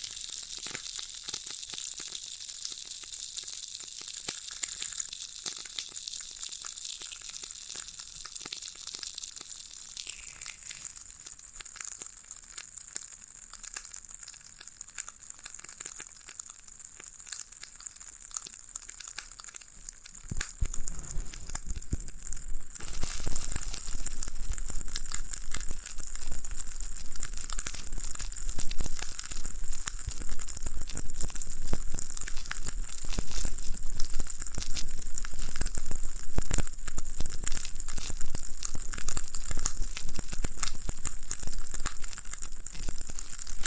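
Floral foam being pressed and broken gives off a dense, fizzing crackle with fine crunchy ticks throughout. For the first twenty seconds it stays light and airy; then it turns fuller and louder, with heavier crushing and more frequent sharp snaps to the end.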